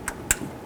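A fuel line quick-connect fitting on a 1992-2000 Chevy Tahoe is lined up and pushed onto the fuel pump module fitting. A faint tick comes at 0.1 s, then a sharp, louder click at 0.3 s as the quick connector seats and clicks in.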